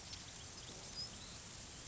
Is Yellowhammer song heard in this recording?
no